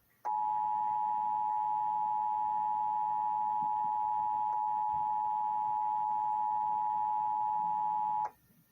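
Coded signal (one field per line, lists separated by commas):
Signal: Emergency Alert System (SAME) tones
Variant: 853 and 960 Hz attention tone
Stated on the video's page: Real Amber Alert EAS activation relayed over AM talk radio, FM country radio, a TV station and NOAA Weather Radio.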